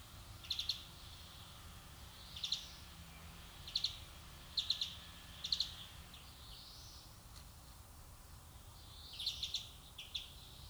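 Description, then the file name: European greenfinch calls, clusters of sharp high chips repeated every one to two seconds, with a pause midway, over steady background hiss. "Chloris chloris"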